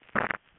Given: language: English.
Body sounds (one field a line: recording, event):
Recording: throat vibration sensor signal played as sound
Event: swallow